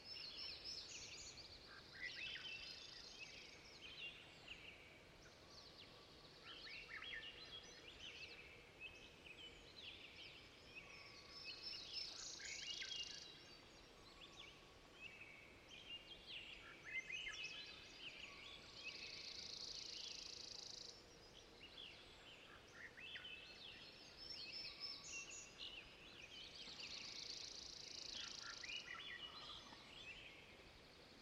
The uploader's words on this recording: Dawn chorus in a temperate deciduous forest, from quiet air broken by awakening American Robins through an active soundscape with Pygymy Owls, Ruffed Grouse, Flycatchers, and several Robins close far far, including close flutters. Spring season. Stereo downmix mastered from original quad Tree Ears recording. Recorded in the beautiful Pacific Northwest in Washington, United States.